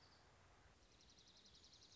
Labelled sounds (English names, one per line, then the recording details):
Dark-eyed Junco
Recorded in Sonoma County, California